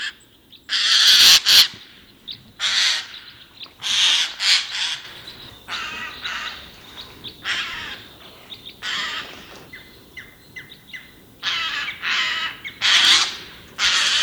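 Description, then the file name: Eurasian jay giving harsh, raspy screeches at irregular intervals, with a few shorter, more tonal notes among them. "Garrulus glandarius"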